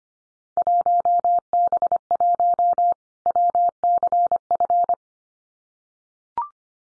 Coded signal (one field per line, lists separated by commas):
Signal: Morse code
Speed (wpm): 25 wpm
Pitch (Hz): 700 Hz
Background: none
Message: 1B1 WCF